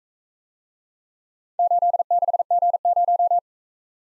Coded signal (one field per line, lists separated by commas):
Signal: Morse code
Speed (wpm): 43 wpm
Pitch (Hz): 700 Hz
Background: none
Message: 86G0